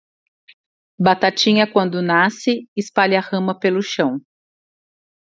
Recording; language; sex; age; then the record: short text; Brazilian Portuguese; female; 40 to 49 years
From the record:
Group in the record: control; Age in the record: 47 years